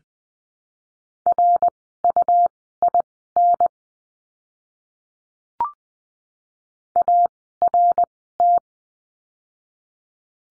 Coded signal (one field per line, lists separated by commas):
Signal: Morse code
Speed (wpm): 20 wpm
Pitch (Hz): 700 Hz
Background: none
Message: RUIN ART